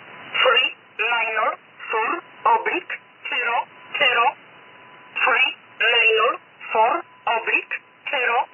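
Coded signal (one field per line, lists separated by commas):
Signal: numbers station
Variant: E11 'Oblique'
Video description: Here is a recording of the E11 Polish numbers station as received in Birmingham UK on the 5th of March 2022 at 19:10 GMT.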